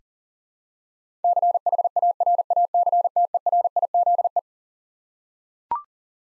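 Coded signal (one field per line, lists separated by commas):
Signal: Morse code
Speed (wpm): 40 wpm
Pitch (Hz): 700 Hz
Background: none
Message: CHARACTERIZE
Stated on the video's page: Head-copy drill of twelve-letter words sent at 40wpm, each word sent twice.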